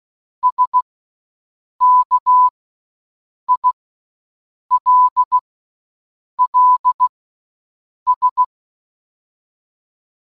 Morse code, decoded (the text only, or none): SKILLS